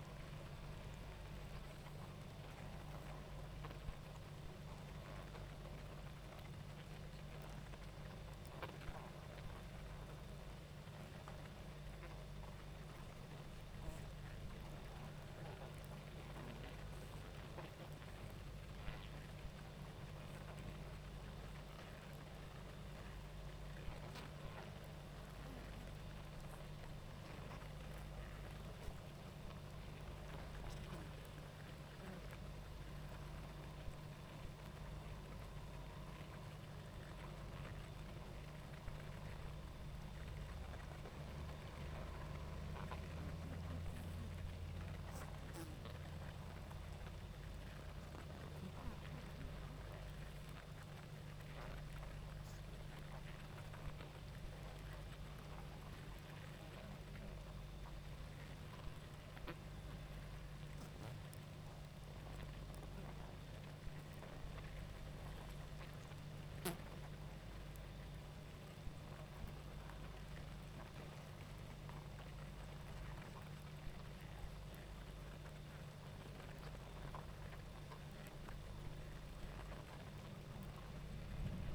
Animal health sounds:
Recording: honeybee colony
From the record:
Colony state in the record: active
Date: 28 July 2017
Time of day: 19:25

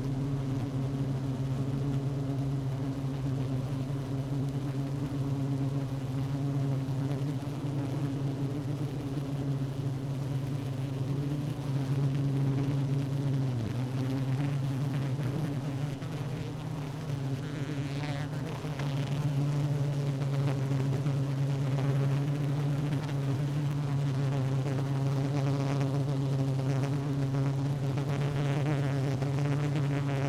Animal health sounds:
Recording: honeybee colony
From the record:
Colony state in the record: active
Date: 12 June 2018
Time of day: 16:55

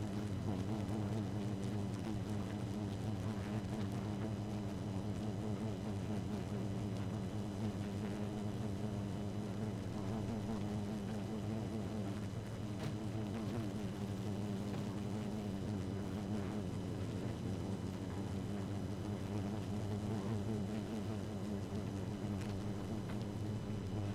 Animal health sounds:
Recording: honeybee colony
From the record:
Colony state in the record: active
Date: 12 June 2018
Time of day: 0:19

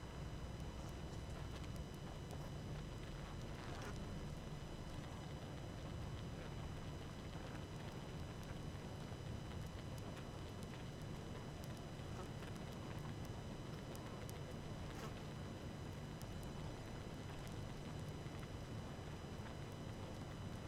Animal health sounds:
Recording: honeybee colony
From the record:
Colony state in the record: active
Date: 12 June 2018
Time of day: 18:44

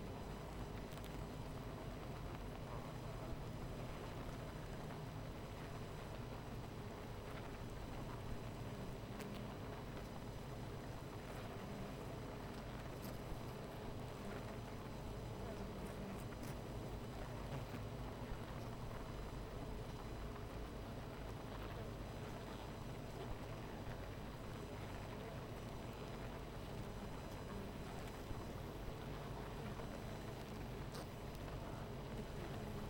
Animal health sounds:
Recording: honeybee colony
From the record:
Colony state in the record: missing queen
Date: 14 July 2017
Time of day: 12:43

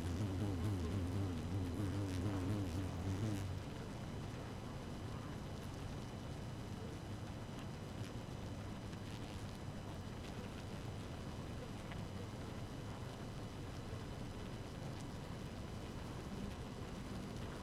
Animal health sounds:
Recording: honeybee colony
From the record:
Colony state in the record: active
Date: 12 June 2018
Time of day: 5:02

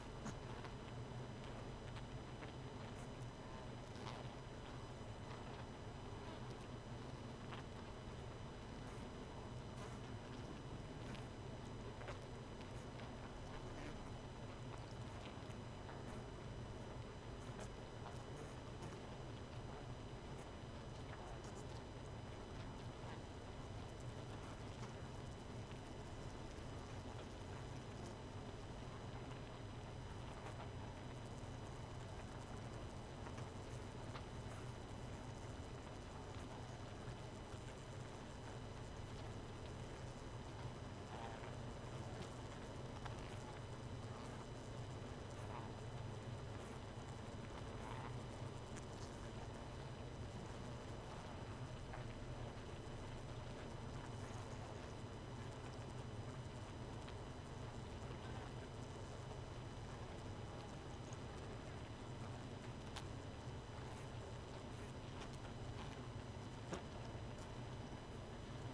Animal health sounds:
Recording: honeybee colony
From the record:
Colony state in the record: missing queen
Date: 31 May 2018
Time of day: 1:50

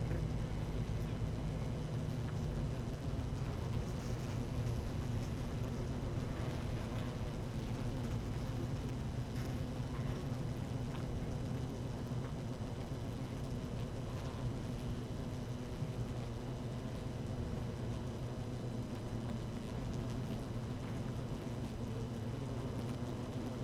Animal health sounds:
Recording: honeybee colony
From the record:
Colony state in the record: active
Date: 12 June 2018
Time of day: 13:50

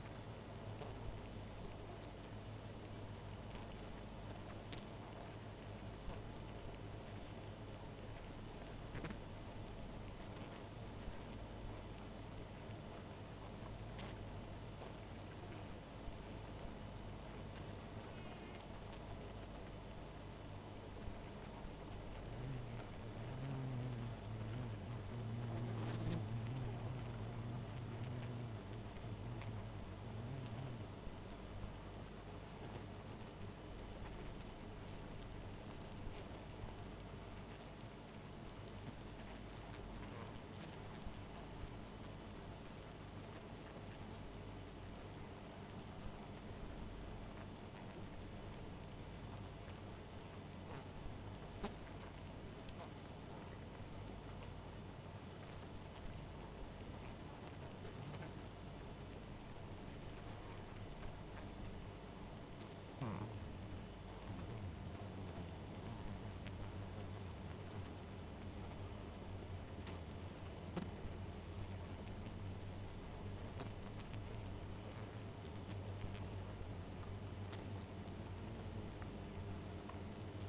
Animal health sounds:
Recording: honeybee colony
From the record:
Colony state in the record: missing queen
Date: 14 July 2017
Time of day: 0:53

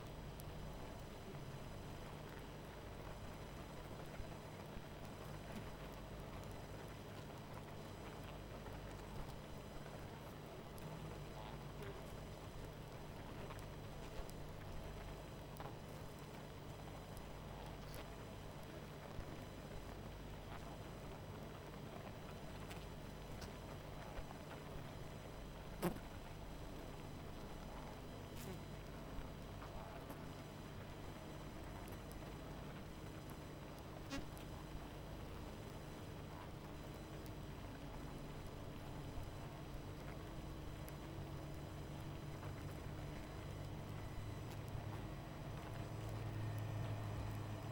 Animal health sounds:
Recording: honeybee colony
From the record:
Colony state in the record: missing queen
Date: 14 July 2017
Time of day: 21:23

